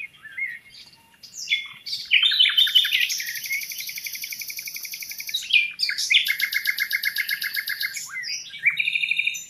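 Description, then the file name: Common nightingale song, rich varied phrases with rapid buzzy trills and fast repeated high notes, several loud rattling sequences separated by short pauses. "Luscinia megarhynchos"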